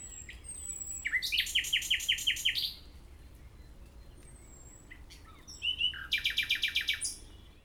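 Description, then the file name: Common nightingale song: two phrases, each a fast series of about eight repeated pulsing notes after a rising lead-in, with thin whistles in between. "Usignolo"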